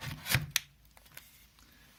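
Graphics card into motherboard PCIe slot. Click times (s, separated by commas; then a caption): 0.6 s. A graphics card is pushed down into a motherboard's PCIe slot, with a scraping rub before a sharp click at 0.6 s as the plastic retention latch snaps shut. A few faint ticks follow, and the card is seated.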